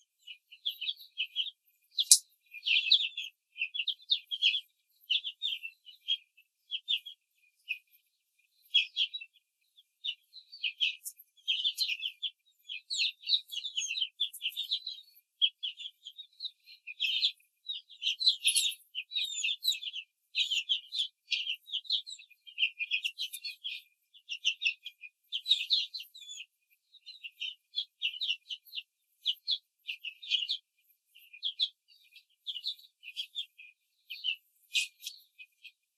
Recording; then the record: young laying hens in a cage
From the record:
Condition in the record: control cage, after the stress test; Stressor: none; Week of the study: 4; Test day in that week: 1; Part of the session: 3